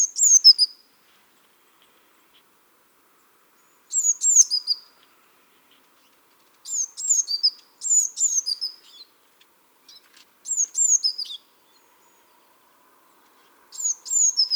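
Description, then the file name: Eurasian blue tit calls: groups of rapid, thin, high notes falling in pitch, given in short bursts every few seconds with quiet gaps between them. "Cyanistes caeruleus"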